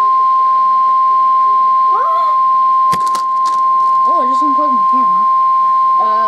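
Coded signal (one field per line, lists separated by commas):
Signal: Emergency Alert System (SAME) tones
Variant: 1050 Hz attention tone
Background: speech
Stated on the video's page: Required Weekly Test on NOAA Weather Radio; the test knocked the station offline for two minutes.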